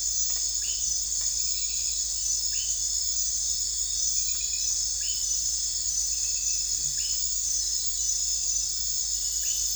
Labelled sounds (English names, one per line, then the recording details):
none
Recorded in dense forest near Puerto Asís, Putumayo, Colombia, on 21 December 2024 at 00:00
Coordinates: 0.484, -76.317
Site G026